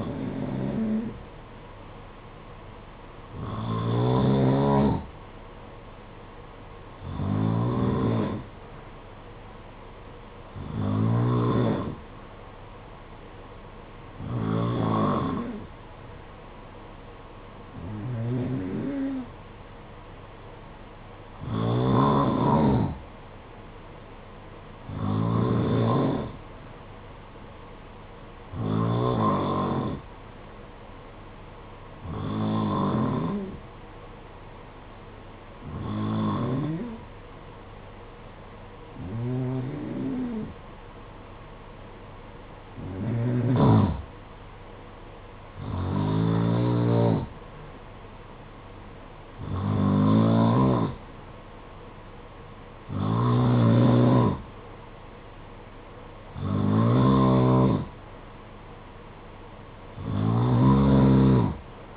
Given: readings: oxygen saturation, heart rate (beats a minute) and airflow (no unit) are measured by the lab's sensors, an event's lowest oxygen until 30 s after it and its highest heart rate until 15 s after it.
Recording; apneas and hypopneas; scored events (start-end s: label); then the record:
breathing in sleep by a voice recorder at the bedside; none
none scored
From the record:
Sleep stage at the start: N2 (light sleep); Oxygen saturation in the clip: 91 to 93%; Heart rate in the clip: 53 to 61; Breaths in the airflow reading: 18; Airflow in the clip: -6.8 to 4.9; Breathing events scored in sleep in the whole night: 476 in 9.7 hours asleep